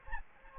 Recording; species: mosquito wingbeat signal from an infrared sensor; Anopheles gambiae